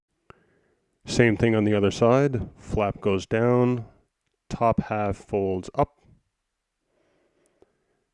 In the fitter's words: and then rotate the tracks 90 degrees and click the panel into place